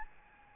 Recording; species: mosquito wingbeat signal from an infrared sensor; Aedes albopictus